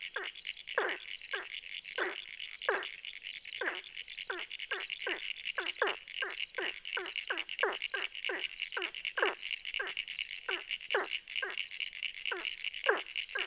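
Ornate burrowing frog calling with a long series of short, downward-sliding notes over a steady, high-pitched buzzing chorus.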